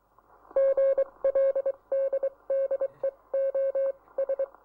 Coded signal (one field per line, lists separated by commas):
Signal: Morse code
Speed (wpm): 24 wpm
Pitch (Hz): 540 Hz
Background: none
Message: GLD DE OS